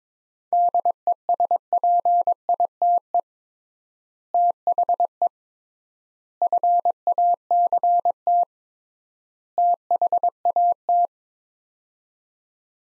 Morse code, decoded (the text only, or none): DESPITE THE FACT THAT